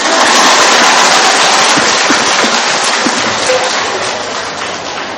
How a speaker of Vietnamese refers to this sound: Mình dưới vỗ tay trên này, xong vỗ tay.